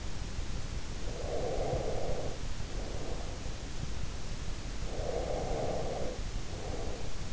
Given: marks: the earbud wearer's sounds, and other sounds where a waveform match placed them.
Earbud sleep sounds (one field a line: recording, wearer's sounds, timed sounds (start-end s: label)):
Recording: sounds in sleep by an in-ear microphone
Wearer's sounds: breath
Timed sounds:
0.88-3.50 s: breath
4.89-7.32 s: breath